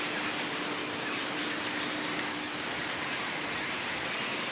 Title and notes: Auxerre, France - Turbulent birds before a storm [Auxerre]. Ville.Dans les arbres du parking , une masse d'oiseaux s'agitent , il fait lourd. City.In the tree of the parking.A lot of birds become noisy.A storm is coming. /zoom h4n intern xy mic //yponomeutaneko